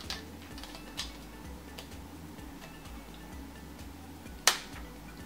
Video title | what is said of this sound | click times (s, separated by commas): LAVA ART compact cushion and PÜR eye shadow primer | That's the sound, click sound. | 4.5 s